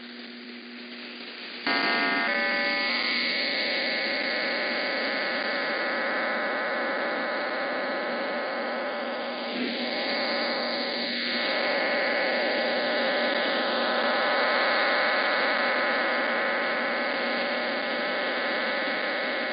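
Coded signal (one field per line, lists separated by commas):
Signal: numbers station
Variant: HM01 RDFT data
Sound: continuous dense multi-tone digital warble filling the band, starting abruptly after brief static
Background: radio static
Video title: 09 05 2021 Number station Cuban Spy HM01 in Spanish to Eu,Am 0945 on 9240 Bejucal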